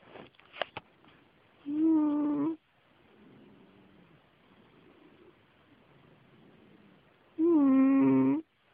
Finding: Cat snoring.